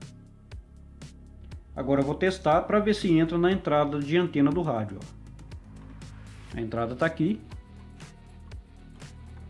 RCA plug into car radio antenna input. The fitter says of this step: ainda não não encaixou lá lá no fundo tá vendo ó